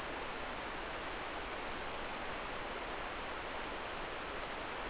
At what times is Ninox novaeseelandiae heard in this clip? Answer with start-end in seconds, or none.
none